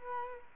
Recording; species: mosquito wingbeat signal from an infrared sensor; Culex quinquefasciatus